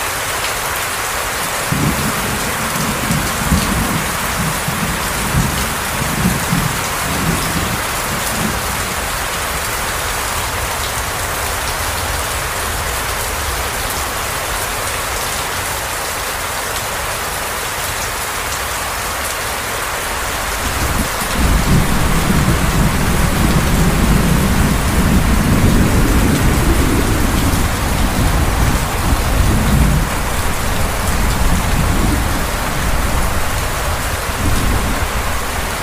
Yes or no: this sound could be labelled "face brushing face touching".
no